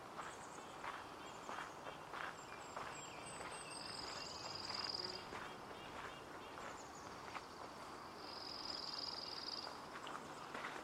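Outdoors in an arboretum, a steady wash of soft rustling fills the air while high, thin birdsong drifts in. Twice, around four to five seconds and again near nine, a sustained high insect-like trill rises and fades, with scattered light footsteps or crunches throughout.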